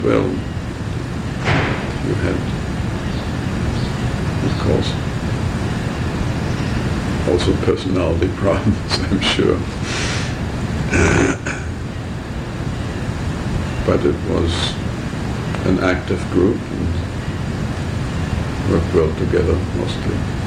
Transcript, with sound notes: Well, you had of course, personality problems. I'm sure. [laughter] But it was an active group, and we grew up together, mostly.